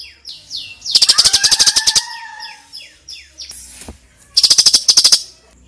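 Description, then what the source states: Sooty-headed bulbul with short downslurred chips, then a rapid pulsed chatter over a clear, slightly falling whistle, more downslurred chips and another fast chattering burst. Female bird.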